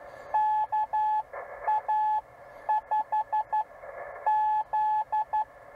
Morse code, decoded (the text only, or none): KA5Z